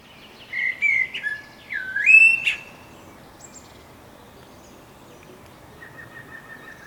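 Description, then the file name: Eurasian blackbird producing a fluty whistled phrase of several descending and rising notes with a sharp high squeak, then a faint whistle. "Turdus merula"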